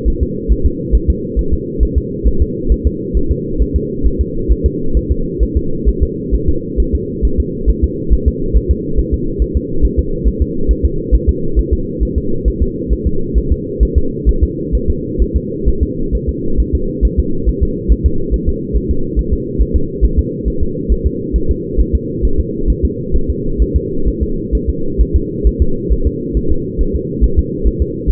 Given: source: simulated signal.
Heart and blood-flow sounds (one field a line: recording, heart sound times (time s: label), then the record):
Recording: fetal heart sounds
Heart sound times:
0.08 s: S1
0.23 s: S2
0.52 s: S1
0.66 s: S2
0.95 s: S1
1.10 s: S2
1.39 s: S1
1.54 s: S2
1.83 s: S1
1.98 s: S2
2.27 s: S1
2.42 s: S2
2.72 s: S1
2.87 s: S2
3.17 s: S1
3.31 s: S2
3.62 s: S1
3.76 s: S2
4.06 s: S1
4.21 s: S2
4.52 s: S1
4.66 s: S2
4.97 s: S1
5.11 s: S2
5.43 s: S1
5.57 s: S2
5.89 s: S1
6.03 s: S2
6.34 s: S1
6.49 s: S2
6.80 s: S1
6.95 s: S2
7.25 s: S1
7.40 s: S2
7.70 s: S1
7.84 s: S2
8.13 s: S1
8.28 s: S2
8.56 s: S1
8.71 s: S2
8.99 s: S1
9.14 s: S2
9.42 s: S1
9.57 s: S2
9.85 s: S1
9.99 s: S2
10.28 s: S1
10.42 s: S2
10.71 s: S1
10.86 s: S2
11.15 s: S1
11.29 s: S2
11.59 s: S1
11.73 s: S2
12.03 s: S1
12.18 s: S2
12.48 s: S1
12.62 s: S2
12.93 s: S1
13.07 s: S2
13.38 s: S1
13.52 s: S2
13.83 s: S1
13.98 s: S2
14.29 s: S1
14.44 s: S2
14.75 s: S1
14.90 s: S2
15.22 s: S1
15.36 s: S2
15.68 s: S1
15.83 s: S2
16.15 s: S1
16.29 s: S2
16.60 s: S1
16.75 s: S2
17.05 s: S1
17.19 s: S2
17.49 s: S1
17.63 s: S2
17.92 s: S1
18.06 s: S2
18.34 s: S1
18.49 s: S2
18.77 s: S1
18.91 s: S2
19.19 s: S1
19.33 s: S2
19.61 s: S1
19.76 s: S2
20.05 s: S1
20.19 s: S2
20.48 s: S1
20.63 s: S2
20.92 s: S1
21.06 s: S2
21.36 s: S1
21.51 s: S2
21.80 s: S1
21.95 s: S2
22.25 s: S1
22.40 s: S2
22.70 s: S1
22.85 s: S2
23.16 s: S1
23.30 s: S2
23.62 s: S1
23.76 s: S2
24.08 s: S1
24.23 s: S2
24.55 s: S1
24.70 s: S2
25.01 s: S1
25.16 s: S2
25.47 s: S1
25.62 s: S2
25.92 s: S1
26.07 s: S2
26.37 s: S1
26.52 s: S2
26.81 s: S1
26.95 s: S2
27.24 s: S1
27.39 s: S2
27.67 s: S1
27.82 s: S2
28.10 s: S1
From the record:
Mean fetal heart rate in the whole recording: 135 bpm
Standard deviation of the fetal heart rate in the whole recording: 3 bpm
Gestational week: 34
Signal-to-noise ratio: -8.1 dB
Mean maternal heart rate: 72 bpm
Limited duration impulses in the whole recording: absent